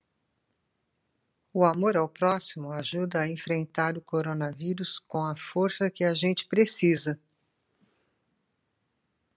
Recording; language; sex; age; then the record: spoken sentence; Brazilian Portuguese; female; 70 to 79 years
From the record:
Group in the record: control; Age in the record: 70 years